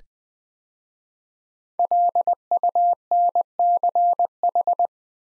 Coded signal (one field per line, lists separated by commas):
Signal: Morse code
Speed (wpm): 20 wpm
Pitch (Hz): 700 Hz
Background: none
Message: LUNCH